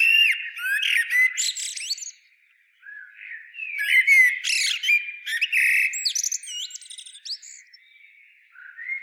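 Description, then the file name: Common blackbird song: low fluted warbling phrases that break into high, squeaky twitters, a short pause, then another warbled phrase ending in thin chirps. "Turdus merula"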